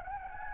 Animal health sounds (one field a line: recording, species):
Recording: mosquito wingbeat signal from an infrared sensor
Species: Anopheles gambiae